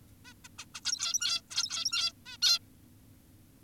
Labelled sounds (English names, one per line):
Zebra Finch